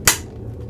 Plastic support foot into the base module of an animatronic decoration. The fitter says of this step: press until it clicks into place